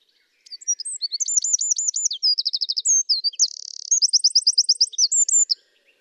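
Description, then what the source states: Eurasian wren song, a fast, high, dynamic phrase of rapid trills and repeated notes lasting about five seconds, with a buzzy rattle in the middle, in a quiet background. Song phrase in real time; a rapid sequence with many notes too fast for the human ear to catch.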